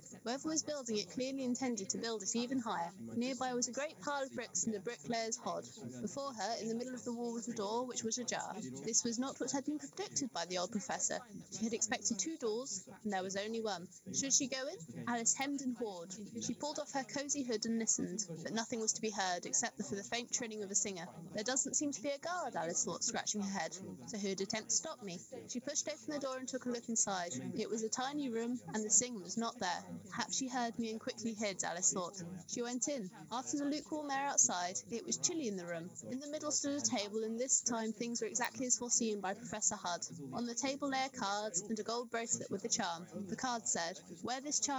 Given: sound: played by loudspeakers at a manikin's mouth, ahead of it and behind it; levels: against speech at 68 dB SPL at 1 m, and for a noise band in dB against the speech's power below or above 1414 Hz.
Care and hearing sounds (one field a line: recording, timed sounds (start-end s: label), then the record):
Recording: test signals for a remote microphone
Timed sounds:
0.00-44.79 s: woman speaking, babble ahead at +6 dB SNR for speech at 1 m
From the record:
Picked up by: remote microphone A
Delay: 47 ms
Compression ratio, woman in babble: 7.77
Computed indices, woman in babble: HASPI 0.969, HASQI 0.340 (non-linear 0.394, linear 0.863), ESTOI 0.759